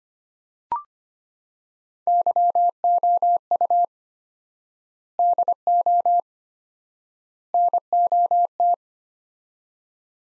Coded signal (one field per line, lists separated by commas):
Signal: Morse code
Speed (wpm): 25 wpm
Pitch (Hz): 700 Hz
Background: none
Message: YOU DO NOT